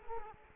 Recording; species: mosquito wingbeat signal from an infrared sensor; Culex quinquefasciatus